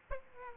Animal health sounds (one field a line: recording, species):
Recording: mosquito wingbeat signal from an infrared sensor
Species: Aedes aegypti